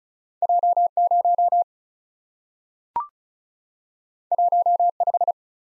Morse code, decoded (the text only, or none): J 0 1 5